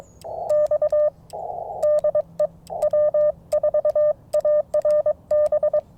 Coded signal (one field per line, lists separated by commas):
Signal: Morse code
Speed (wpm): 22 wpm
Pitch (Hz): 600 Hz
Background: none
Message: X DE W4ARB